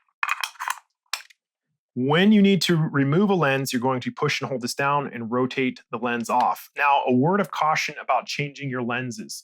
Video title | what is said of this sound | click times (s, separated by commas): Canon R8 Tutorial Training Video Overview Users Guide Set Up - Made for Beginners | and I'm going to rotate it until it clicks | 0.2 s